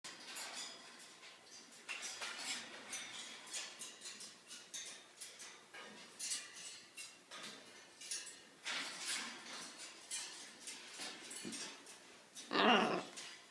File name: krasnyi ara ara macao rucnye ptency iz pitomnika